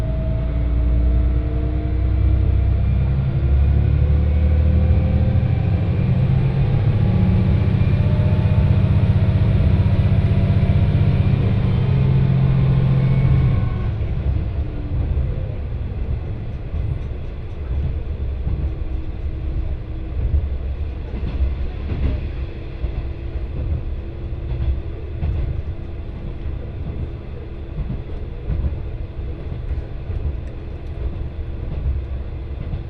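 A train ride on the Etsumi-Hoku Line, with a heavy, droning engine rumble and rising whining tones that fill the first thirteen seconds. The noise then drops sharply to a lighter, steady rolling rumble with faint rattles that continues to the end.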